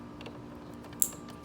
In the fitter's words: you can see snapped in place